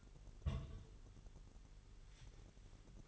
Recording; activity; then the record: daily activity, microphone in the room; place on stove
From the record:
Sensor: 4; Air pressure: 989.0 hPa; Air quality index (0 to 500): 208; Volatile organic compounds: 56 ppm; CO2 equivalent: 3368 ppm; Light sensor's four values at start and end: 29/98/36/38 and 29/98/36/38